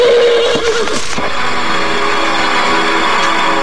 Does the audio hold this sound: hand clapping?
no